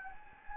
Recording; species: mosquito wingbeat signal from an infrared sensor; Anopheles gambiae